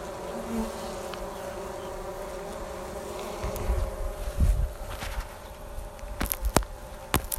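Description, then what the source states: Honey bees droning steadily, joined midway by low thumps and later sharp knocks and clicks. Fanning on top of a hive cover, 07 02 2019.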